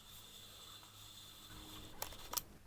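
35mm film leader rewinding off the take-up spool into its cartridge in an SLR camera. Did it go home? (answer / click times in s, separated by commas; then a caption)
released / 2.0 s, 2.4 s. Exposed 35mm film is rewound back into its metal cartridge inside an Olympus OM20 SLR body, with a low, steady whirring hum. Two sharp clicks at 2.0 and 2.4 seconds mark the film leader coming free of the take-up spool, confirming the film is released.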